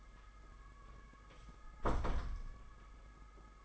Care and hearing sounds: daily activity, microphone in the room; close door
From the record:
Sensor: 5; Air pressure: 991.8 hPa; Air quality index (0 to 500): 131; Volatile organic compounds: 72 ppm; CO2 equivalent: 3539 ppm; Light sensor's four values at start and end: 34/112/42/44 and 33/111/42/44

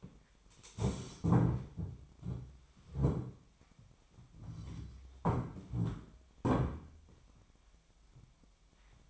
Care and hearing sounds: daily activity, microphone in the room; stand up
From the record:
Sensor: 1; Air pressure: 1007.9 hPa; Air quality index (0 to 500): 192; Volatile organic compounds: 18 ppm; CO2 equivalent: 2603 ppm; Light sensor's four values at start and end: 13/33/13/14 and 13/32/13/14

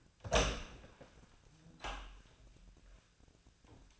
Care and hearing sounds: daily activity, microphone in the room; open door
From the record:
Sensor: 2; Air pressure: 1009.1 hPa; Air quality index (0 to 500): 180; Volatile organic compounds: 2 ppm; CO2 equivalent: 1309 ppm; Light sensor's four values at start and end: 34/89/38/40 and 34/89/38/41

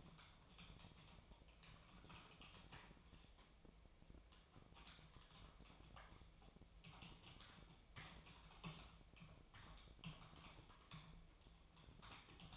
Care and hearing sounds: daily activity, microphone in the room; typing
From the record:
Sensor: 1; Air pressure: 999.2 hPa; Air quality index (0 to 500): 209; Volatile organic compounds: 51 ppm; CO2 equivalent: 3309 ppm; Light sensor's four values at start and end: 9/22/8/9 and 9/22/8/9

